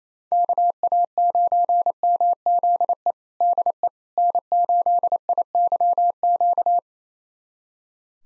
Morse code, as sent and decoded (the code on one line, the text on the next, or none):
-.- .- ----. -- --.. . / -.. . / -. ---.. .. -.-- --.-
KA9MZE DE N8IYQ